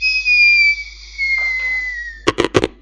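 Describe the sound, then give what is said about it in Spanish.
A sound effect of a small piece of meteorite striking a UFO spaceship: a long, high whistling tone that slowly drops in pitch, then a rapid burst of four loud, sharp crashing bangs. “Era un trocito de meteorito que había chocado contra su ovni.”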